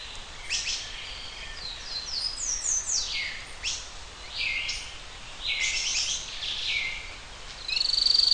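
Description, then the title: Bird song: a varied run of sweeping, slurred high notes and chirps, some falling steeply, ending in the start of a rapid buzzy trill. "LuckyPassaro Completos2Sama"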